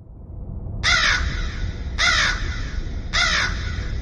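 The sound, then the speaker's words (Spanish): Three hoarse, raspy caws from a tight flock of large crows flying low over a ridge ring out at steady intervals, each short and harsh, over a low, constant background rumble. “Sam pensó que eran una especie de grandes cuervos. Mientras pasaban sobre la loma”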